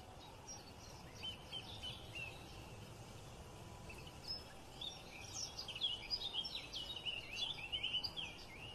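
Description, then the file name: White-headed buffalo weaver song: a few scattered squeaks at first, then a rapid burst of chattering, squeaky slurred notes building over the second half, with steady background hiss. "canto do tecelao de cabeca branca"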